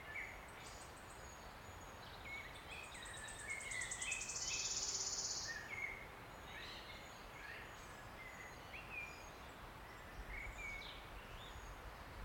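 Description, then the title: Wood warbler song: a run of high ticks quickening into a loud, shivering trill lasting over a second, with other birds warbling and whistling lower in the background. Male singing from the canopy of tangled oak trees in an ancient oak wood, on a steep-sided wooded valley in South Wales, in May, just after rain had stopped. "Sound Escape. listen to the cascade of wood warbler song in an ancient oak wood"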